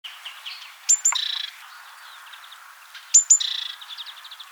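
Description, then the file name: Great tit call, two bouts about two seconds apart, each a thin high double note followed by a harsh, buzzy churring rattle, with faint chatter of other small birds behind. "Parus major"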